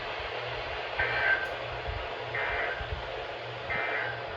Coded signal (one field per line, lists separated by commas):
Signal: Emergency Alert System (SAME) tones